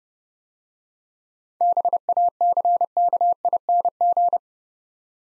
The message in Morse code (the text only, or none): BACKING